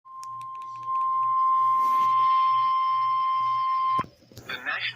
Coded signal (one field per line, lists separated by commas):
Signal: Emergency Alert System (SAME) tones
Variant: 1050 Hz attention tone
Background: speech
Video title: Severe Thunderstorm Warning (EAS #4)